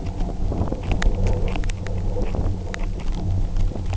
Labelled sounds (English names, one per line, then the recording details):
none
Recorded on Arctic tundra, site UTQI-0, on 29 June 2018
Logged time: 08:00